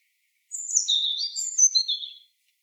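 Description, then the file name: European robin with one rapid, high-pitched warble of thin whistles and twittering trills that slide downward, about two seconds long, in an otherwise quiet background. "Erithacus rubecula"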